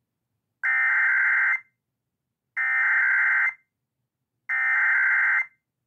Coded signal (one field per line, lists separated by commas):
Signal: Emergency Alert System (SAME) tones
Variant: header bursts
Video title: New Jersey EAS Required Monthly Tests (12.21.2022)